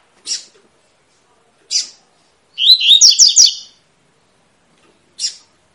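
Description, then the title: Double-collared seedeater song: a single high buzzy warbled phrase in the middle, flanked by three sharp isolated chip notes spaced well apart. Tui-tui song style, used as a tutor recording for teaching young birds to sing. "COLEIRO TUI TUI FIBRA"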